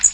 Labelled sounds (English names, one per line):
Blackpoll Warbler flight call